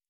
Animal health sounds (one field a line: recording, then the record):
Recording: hydrophone in a shrimp aquaculture tank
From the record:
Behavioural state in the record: normal